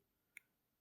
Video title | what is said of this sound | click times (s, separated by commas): Samsung A13 Screen Replacement | and carefully press. It will snap right in. There you go. It's snug. | 0.4 s